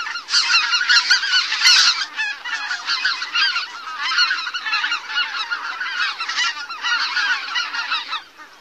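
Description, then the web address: Greater White-fronted Goose: greater White-fronted Geese calling in a flock, many overlapping high, squeaky honks and yelps in a continuous clamor with no pauses. "Songs of Birds of North America Stokes. Greater White-fronted Goose"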